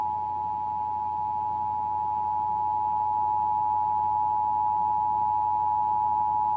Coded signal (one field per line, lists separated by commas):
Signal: Emergency Alert System (SAME) tones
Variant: 853 and 960 Hz attention tone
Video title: National EAS Test 2021